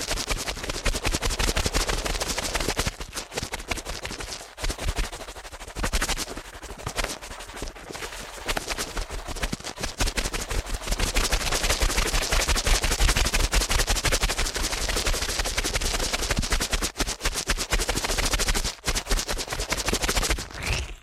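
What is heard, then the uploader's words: Very fast ear cleaning makes a dense, crackling rattle of rapid scratches, bright and nearly continuous, with a few brief dips throughout. ASMR Ear Cleaning at Helicopter Speed.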